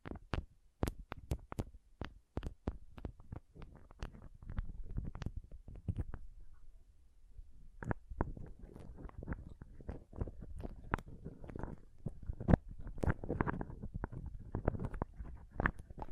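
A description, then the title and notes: Pom pom tingles: a quick, irregular run of soft thumps and crisp little taps, each with a dull low thud beneath it. The taps come densely, ease into a quieter stretch of faint rustling around six to eight seconds, then pick up again. ASMR Ultimate Pom Pom Tingles (No Talking).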